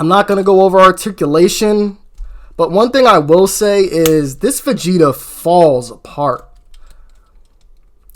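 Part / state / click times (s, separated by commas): plastic figure limb into its ball joint socket / seated / 8.1 s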